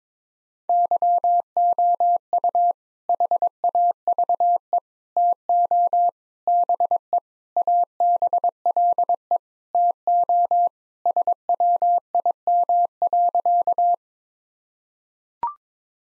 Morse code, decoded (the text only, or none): YOU HAVE TO BE ABLE TO SWIM.